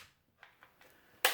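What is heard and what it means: After the brush roll is put back into the floor head of a Shark Ion P50 cordless vacuum, its plastic retaining latches are turned until they lock. A few faint ticks at about 0.4, 0.6 and 0.8 seconds lead to one sharp, loud click at 1.3 seconds as the latch snaps shut and the brush roll is seated.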